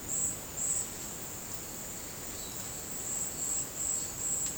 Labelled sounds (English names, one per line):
none